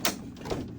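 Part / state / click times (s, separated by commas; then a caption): plastic panel tab into the frame of a truck underseat storage box / seated / 0.0 s. A plastic panel tab is pushed into its mating slot on the frame of a rear underseat storage box for a Silverado or Sierra truck during assembly. It snaps home with a sharp click at 0.1 s, followed by quieter shuffling sounds. The panel is seated fully in place.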